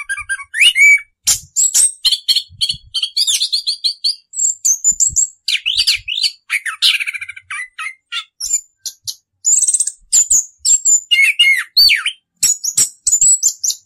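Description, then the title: Orange-headed thrush singing a fast, rambling series of high twitters, slurred whistles and clicks, almost without pause over the whole stretch. Continuous rolling song style called "ngerol", presented as a master recording for training birds. "suara anis kembang ngerol"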